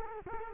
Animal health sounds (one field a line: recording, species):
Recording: mosquito wingbeat signal from an infrared sensor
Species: Culex quinquefasciatus